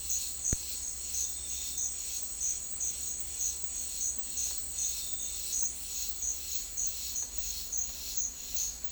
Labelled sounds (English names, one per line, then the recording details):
none
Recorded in secondary vegetation near Puerto Asís, Putumayo, Colombia, on 19 March 2025 at 10:00
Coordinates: 0.499, -76.323
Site G094